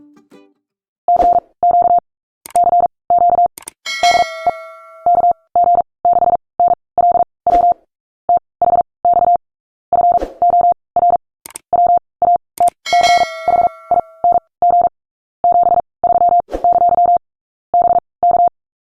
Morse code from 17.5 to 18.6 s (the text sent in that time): BK